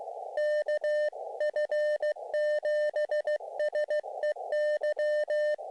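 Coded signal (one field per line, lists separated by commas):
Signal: Morse code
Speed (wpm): 15 wpm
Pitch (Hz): 590 Hz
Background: none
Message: KF7SEY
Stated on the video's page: QRP SOTA summit activation using an Elecraft KX2 with linked dipole and 58-foot long wire antenna.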